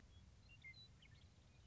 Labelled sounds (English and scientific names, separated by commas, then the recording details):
Western Meadowlark (Sturnella neglecta)
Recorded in Sonoma County, California